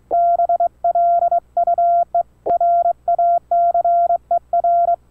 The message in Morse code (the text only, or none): BLUE RACER